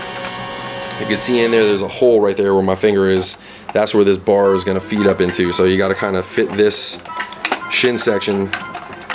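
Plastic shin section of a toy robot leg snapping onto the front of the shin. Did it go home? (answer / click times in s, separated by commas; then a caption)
no / none. Someone talks while folding the leg of a large plastic robot toy (FansToys Terminus Giganticus, MP Omega Supreme) over on itself, pointing out a hole where a bar will feed up as the plastic shin section is fitted into place. The part is handled but nothing has seated or clicked yet; the shin section has not snapped onto the front of the shin.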